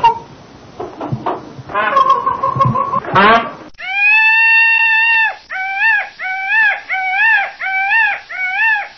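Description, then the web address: Common peafowl loud calls: after a burst of mixed honking notes, a long nasal wail follows, then six shorter wavering cries in quick succession. "cotor. Common Peafowl"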